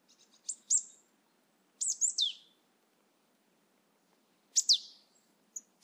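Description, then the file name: Marsh tit calls, short high sharp notes in quick clusters, some sliding downward, spaced by brief pauses. "Poecile palustris"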